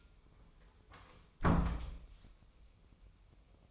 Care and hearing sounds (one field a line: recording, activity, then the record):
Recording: daily activity, microphone in the room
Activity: close door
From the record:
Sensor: 1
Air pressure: 1004.9 hPa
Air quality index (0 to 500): 82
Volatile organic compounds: 2 ppm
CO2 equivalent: 1108 ppm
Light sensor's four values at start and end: 9/23/9/10 and 9/23/9/10